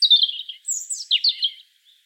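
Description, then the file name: European robin giving high, thin warbled phrases that slide and flutter between bright high notes, in three short bursts within under two seconds, against a quiet background. "Erithacus rubecula"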